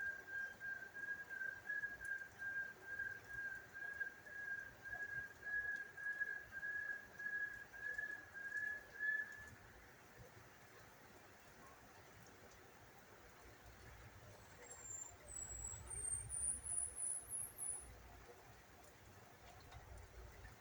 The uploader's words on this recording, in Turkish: DOĞA SESLERİ. Kuş Sesleri.